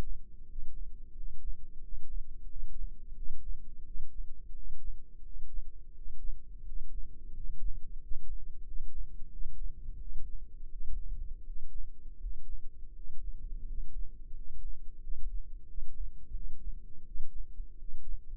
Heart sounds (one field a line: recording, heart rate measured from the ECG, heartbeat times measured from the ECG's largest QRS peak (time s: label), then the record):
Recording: heart sounds by microphone in the left ear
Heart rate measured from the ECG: 87 bpm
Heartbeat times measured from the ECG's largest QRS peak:
0.46 s: heartbeat
1.13 s: heartbeat
1.81 s: heartbeat
2.47 s: heartbeat
3.15 s: heartbeat
3.84 s: heartbeat
4.53 s: heartbeat
5.23 s: heartbeat
5.94 s: heartbeat
6.64 s: heartbeat
7.32 s: heartbeat
7.99 s: heartbeat
8.64 s: heartbeat
9.30 s: heartbeat
9.98 s: heartbeat
10.69 s: heartbeat
11.44 s: heartbeat
12.18 s: heartbeat
12.93 s: heartbeat
13.65 s: heartbeat
14.33 s: heartbeat
15.00 s: heartbeat
15.66 s: heartbeat
16.33 s: heartbeat
17.04 s: heartbeat
17.77 s: heartbeat
From the record:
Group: healthy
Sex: male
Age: 33 years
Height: 179 cm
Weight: 80.4 kg